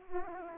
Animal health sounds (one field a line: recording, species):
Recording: mosquito wingbeat signal from an infrared sensor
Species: Aedes aegypti